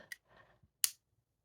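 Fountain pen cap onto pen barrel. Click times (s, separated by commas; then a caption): 0.8 s. The snap cap of a plastic Custom 98 round-top fountain pen is pushed onto the barrel. A faint tick at 0.1 s and a soft rustle are followed by a loud, sharp, bright snap at 0.8 s. The cap clicks shut and seats with a very satisfying snap.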